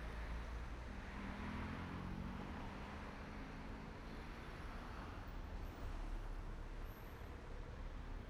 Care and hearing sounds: everyday scene through a hearing-aid microphone; in traffic; traffic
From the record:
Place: main road on the outskirts, rush hour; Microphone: behind the ear, right, front

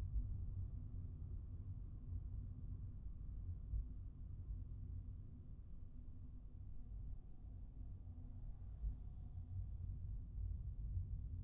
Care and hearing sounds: everyday scene through a hearing-aid microphone; in a vehicle; engine, traffic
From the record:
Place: Skoda Fabia, gasoline engine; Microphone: behind the ear, right, front

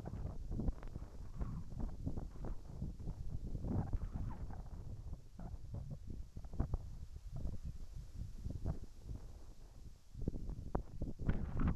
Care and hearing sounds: everyday scene through a hearing-aid microphone; wind on the microphone; wind, whistling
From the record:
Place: in front of a rural house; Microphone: behind the ear, right, front

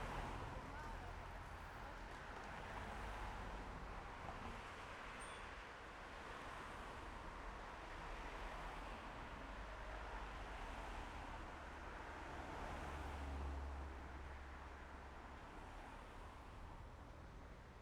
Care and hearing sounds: everyday scene through a hearing-aid microphone; in traffic; traffic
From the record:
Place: main road on the outskirts, rush hour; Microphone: behind the ear, left, rear

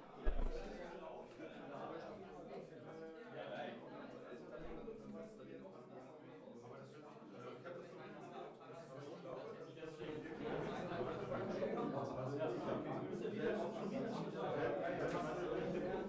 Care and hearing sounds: everyday scene through a hearing-aid microphone; many people talking; many voices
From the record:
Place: bistro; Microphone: behind the ear, right, rear

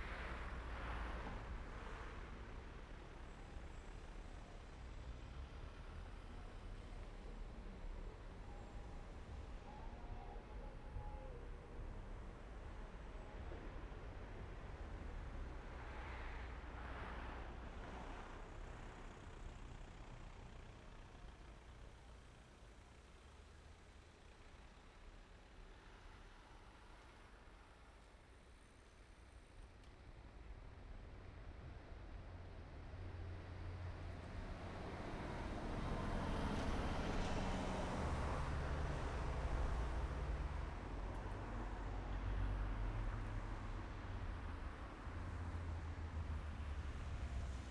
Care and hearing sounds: everyday scene through a hearing-aid microphone; in traffic; traffic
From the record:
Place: main road on the outskirts, rush hour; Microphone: behind the ear, right, rear

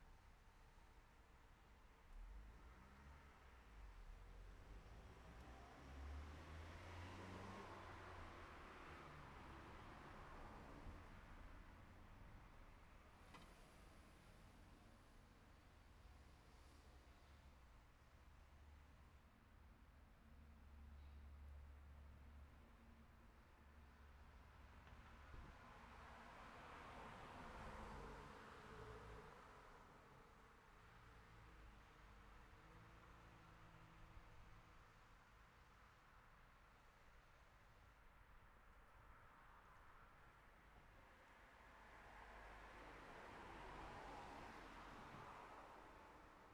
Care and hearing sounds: everyday scene through a hearing-aid microphone; in traffic; traffic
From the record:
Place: city secondary road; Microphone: behind the ear, left, rear

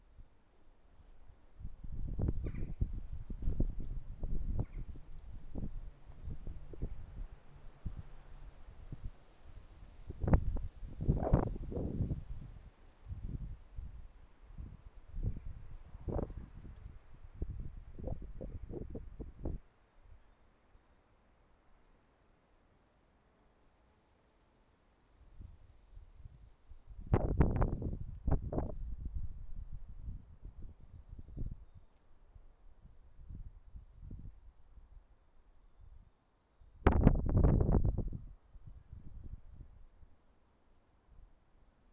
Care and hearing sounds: everyday scene through a hearing-aid microphone; wind on the microphone; wind, traffic, birds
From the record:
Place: suburban garden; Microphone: behind the ear, left, rear

